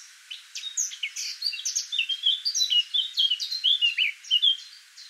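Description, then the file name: Eurasian blackcap song: a steady chattering warble of varied high notes, mixed with some clearer whistled phrases, running throughout. "Sylvia atricapilla"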